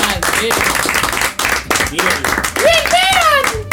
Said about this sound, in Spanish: Así que un aplauso para